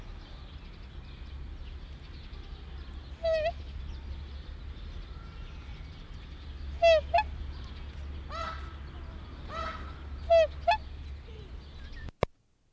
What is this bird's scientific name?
Cygnus atratus